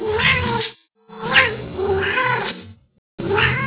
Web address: Cat Sounds nini